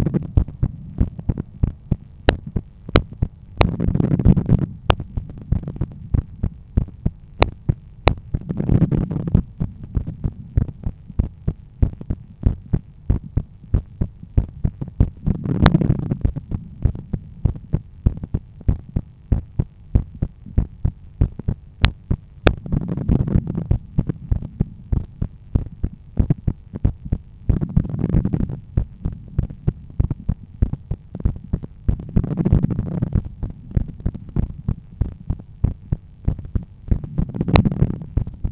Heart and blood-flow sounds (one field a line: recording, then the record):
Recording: heart sounds by stethoscope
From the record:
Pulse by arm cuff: 93 bpm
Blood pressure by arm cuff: 121/78 mmHg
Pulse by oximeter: 93 bpm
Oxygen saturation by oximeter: 97%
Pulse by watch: 93 bpm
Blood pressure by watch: 129/84 mmHg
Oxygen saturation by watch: 97%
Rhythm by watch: sinus rhythm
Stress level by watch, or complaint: low stress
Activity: after 10 min smoking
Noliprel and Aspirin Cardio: after pills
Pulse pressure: 43 mmHg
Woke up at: 7:30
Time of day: 20:52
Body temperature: 36.5 C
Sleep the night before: 8 h 32 min, score 78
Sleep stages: REM 32%, light 50%, deep 12%, awake 6%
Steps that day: 9500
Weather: clear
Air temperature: 20.8 C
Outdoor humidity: 65%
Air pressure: 1014 hPa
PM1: 11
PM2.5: 15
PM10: 17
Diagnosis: hypertension, treated with Noliprel and Aspirin Cardio 100 mg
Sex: male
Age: 53 years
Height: 174 cm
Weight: 81 kg